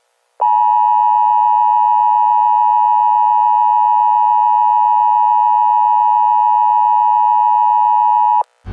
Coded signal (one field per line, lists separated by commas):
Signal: Emergency Alert System (SAME) tones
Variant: 853 and 960 Hz attention tone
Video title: EAS CHILD ABDUCTION EMERGENCY 1/11/21